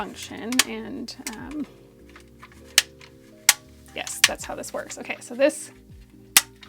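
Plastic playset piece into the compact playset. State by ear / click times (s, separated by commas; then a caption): seated / 6.4 s. A plastic piece of a compact micro playset is pushed into its slot and clicks into place at 6.4 seconds. Someone talks throughout, with a few other sharp plastic taps and clacks earlier in the clip.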